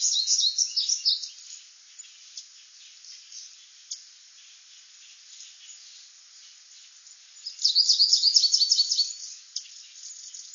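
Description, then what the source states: Goldfinch song: two bursts of rapid, tinkling twittered notes, one at the start and another after a quiet gap of about six seconds, with a few faint chirps between. Goldfinch switching between songs.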